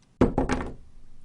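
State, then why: Not seated. An external battery pack is pushed onto a smartphone's dock connector, pressed as far as it will go. Four knocking thunks are heard at about 0.2, 0.4, 0.5 and 0.6 s, the first the loudest. Nothing has seated or clicked yet: the pack does not lock or snap into place.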